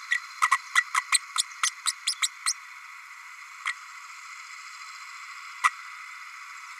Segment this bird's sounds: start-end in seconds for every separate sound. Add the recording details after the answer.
0.11-0.15, 0.41-0.50, 0.51-0.58, 0.75-0.84, 0.94-1.01, 1.12-1.20, 1.38-1.44, 1.63-1.70, 1.85-1.92, 2.06-2.14, 2.22-2.29, 2.46-2.54, 3.67-3.73, 5.63-5.70. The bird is a female. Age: 32 days. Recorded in a nest box in Venezuela. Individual 17B32A5